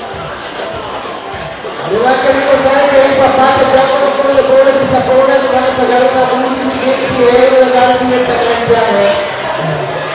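Chaotic noise at a soap-bubble workshop in a shopping centre: a murmur of voices fills the first two seconds, then a loud, steady droning tone with ringing overtones starts and holds until about nine seconds. Chatter continues underneath throughout.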